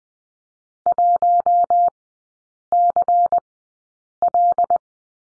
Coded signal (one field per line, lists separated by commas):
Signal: Morse code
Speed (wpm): 20 wpm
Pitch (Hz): 700 Hz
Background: none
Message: 1CL